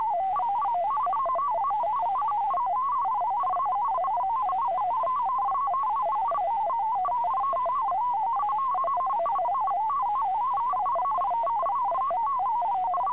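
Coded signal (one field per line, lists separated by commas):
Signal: multi-tone FSK (Olivia or MFSK type)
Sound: rapid warbling single tone hopping between pitches around 1 kHz, continuous for 13 seconds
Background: faint steady high whine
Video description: At the end of the video is a test message you can use to practice with to make sure everything is set up and working properly.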